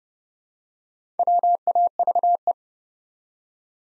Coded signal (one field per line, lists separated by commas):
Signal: Morse code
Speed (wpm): 30 wpm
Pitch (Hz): 700 Hz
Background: none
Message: WAVE